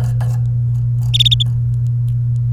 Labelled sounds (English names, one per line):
Domestic Canary song